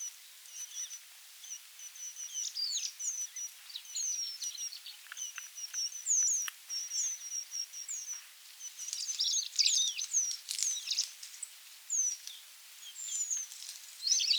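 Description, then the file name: Eurasian penduline tit: a long run of short, high notes and fine downslurred whistles, with busier twittering in the second half. "buidelmees"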